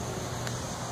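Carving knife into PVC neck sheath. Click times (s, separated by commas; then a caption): 0.5 s. A carving knife is pushed into a PVC neck sheath and snaps home at 0.5 s, a short, sharp broadband click over a steady low background hum. The knife is seated, and the fit is approved.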